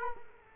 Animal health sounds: mosquito wingbeat signal from an infrared sensor; Culex quinquefasciatus

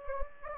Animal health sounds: mosquito wingbeat signal from an infrared sensor; Anopheles gambiae

